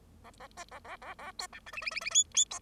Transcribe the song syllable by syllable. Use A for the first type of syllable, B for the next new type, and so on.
A A B A A A A C D E F F F F G G C